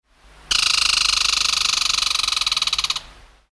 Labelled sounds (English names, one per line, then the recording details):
Red Squirrel
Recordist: Frommolt, Karl-Heinz
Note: Triller